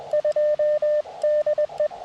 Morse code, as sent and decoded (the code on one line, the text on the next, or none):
..--- -.. .
2DE